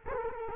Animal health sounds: mosquito wingbeat signal from an infrared sensor; Culex quinquefasciatus

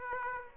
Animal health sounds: mosquito wingbeat signal from an infrared sensor; Aedes aegypti

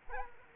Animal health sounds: mosquito wingbeat signal from an infrared sensor; Culex quinquefasciatus

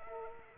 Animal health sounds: mosquito wingbeat signal from an infrared sensor; Culex quinquefasciatus

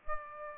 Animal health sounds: mosquito wingbeat signal from an infrared sensor; Aedes aegypti

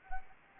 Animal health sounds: mosquito wingbeat signal from an infrared sensor; Anopheles arabiensis

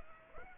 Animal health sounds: mosquito wingbeat signal from an infrared sensor; Aedes aegypti

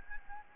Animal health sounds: mosquito wingbeat signal from an infrared sensor; Aedes albopictus

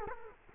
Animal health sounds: mosquito wingbeat signal from an infrared sensor; Culex quinquefasciatus

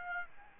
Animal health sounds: mosquito wingbeat signal from an infrared sensor; Aedes aegypti

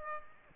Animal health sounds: mosquito wingbeat signal from an infrared sensor; Aedes aegypti

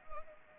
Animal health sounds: mosquito wingbeat signal from an infrared sensor; Anopheles arabiensis

